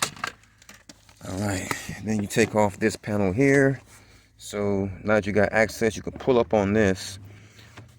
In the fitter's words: and up and you hear it pop